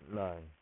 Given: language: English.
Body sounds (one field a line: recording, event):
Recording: throat vibration sensor signal played as sound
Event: speech